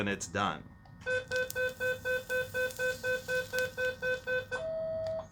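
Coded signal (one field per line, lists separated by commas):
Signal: none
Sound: surgical device's done beeps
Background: speech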